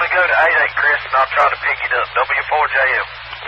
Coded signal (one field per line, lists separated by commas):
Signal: Emergency Alert System (SAME) tones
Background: speech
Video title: 2015-04-20 - W4BFB 145.230 MHz Charlotte Regional Skywarn Repeater